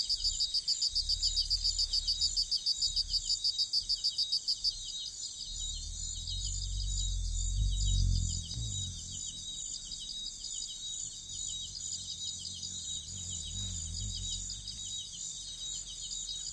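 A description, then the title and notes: Rainforest bugs keep up a dense, high, shimmering drone for the whole clip. For the first five seconds one insect pulses in a fast, regular rhythm over it, then stops. Low rumbles come and go underneath, swelling around eight seconds and again near fourteen. Congo Basin Rainforest - Bugs Close To The Mics.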